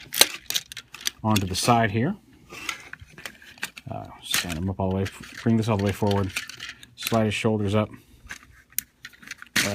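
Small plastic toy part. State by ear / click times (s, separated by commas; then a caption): seated / 9.6 s. Someone talks while transforming a Transformers: Generations Combiner Wars Leader Ultra Magnus figure, with small plastic handling clicks and taps throughout. A plastic toy robot limb or panel is pushed all the way up into its locked position on the figure and clicks into place at 9.6 s, seating it.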